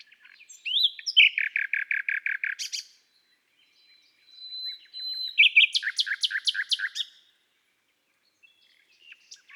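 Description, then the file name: Common nightingale song: a long rattle of repeated rich notes, a quiet drawn-out whistle, then another loud rapid series of notes. "Rossignol philomele Chants doiseaux des bois et des forets"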